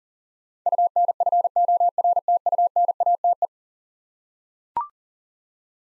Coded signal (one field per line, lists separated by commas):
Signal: Morse code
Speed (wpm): 40 wpm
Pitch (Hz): 700 Hz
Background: none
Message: UNFORTUNATE